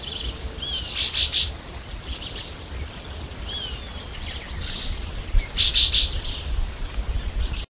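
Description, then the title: Chestnut-bellied euphonia calls: two bursts of bright, crackly high notes, with thin slurred whistles in between, over a steady insect hum. "LuckyPassaro Completos2Sama. Chestnut-bellied Euphonia (Euphonia pectoralis)"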